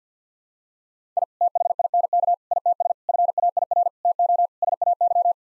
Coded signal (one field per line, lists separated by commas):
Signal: Morse code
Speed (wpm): 45 wpm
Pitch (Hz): 700 Hz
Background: none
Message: I THINK ITS FAIR TO SAY